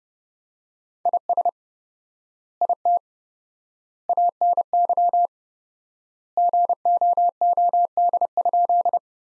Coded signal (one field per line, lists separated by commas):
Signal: Morse code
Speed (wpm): 29 wpm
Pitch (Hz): 700 Hz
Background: none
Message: IS IT ANY GOOD?